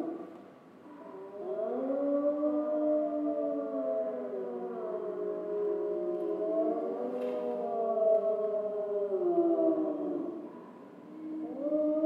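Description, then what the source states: Grey wolf: grey wolves howl together in a long chorus that swells from the start, several intertwined wavering tones, fading briefly before a new howl begins at the end. Wolves recorded in Schorfheide on 29 October 2015.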